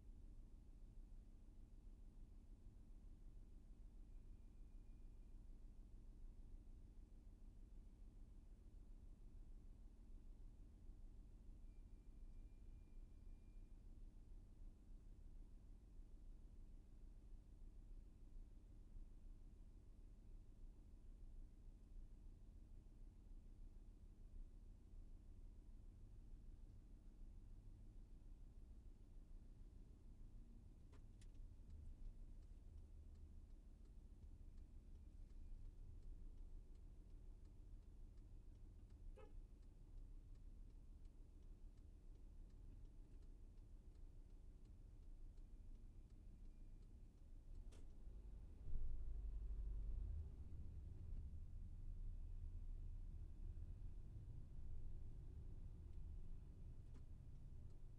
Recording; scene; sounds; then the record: everyday scene through a hearing-aid microphone; in a vehicle; engine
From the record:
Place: VW T5 Caravelle, diesel engine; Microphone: behind the ear, left, front